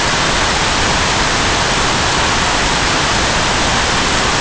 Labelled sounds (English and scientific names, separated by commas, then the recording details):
none
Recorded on Arctic tundra, site NAIT-1, on 25 June 2018
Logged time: 03:00